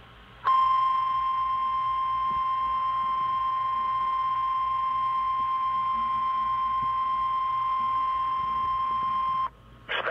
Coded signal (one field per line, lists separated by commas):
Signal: Emergency Alert System (SAME) tones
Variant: 1050 Hz attention tone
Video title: EAS 1459 (Special Marine Warning #1) 7/21/18